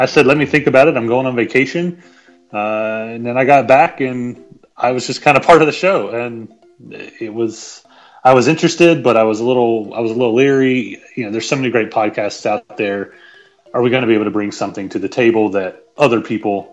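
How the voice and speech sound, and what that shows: Fluent, conversational adult male speech at an ordinary pace with natural pauses; typical speech.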